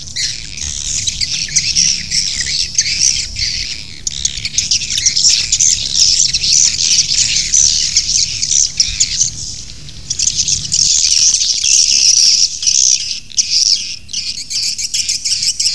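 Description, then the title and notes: Swiftlet twittering: a long stretch of shrill, overlapping chirps and trills, with a low hum in the background for the first part. Asia; sound used in swiftlet farming to attract the birds. "Swiflet Bird Sound. Farming Swiflet Bird asia sound"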